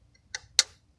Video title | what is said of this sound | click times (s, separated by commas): 2002 dodge neon 2.0 tune up | did that click what you want you don't hear that click that's not good | 0.6 s